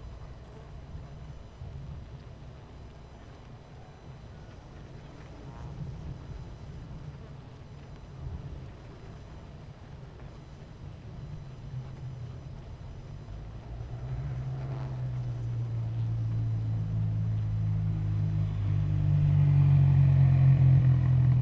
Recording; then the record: honeybee colony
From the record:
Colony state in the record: missing queen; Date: 14 July 2017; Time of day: 11:28